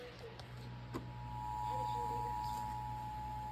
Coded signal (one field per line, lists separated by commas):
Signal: Emergency Alert System (SAME) tones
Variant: 853 and 960 Hz attention tone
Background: speech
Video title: LATE NIGHT SCARES! EAS Alerts #1-4 from 8-10-26 on 100.5 WKXA using NWS offices KILN and KCLE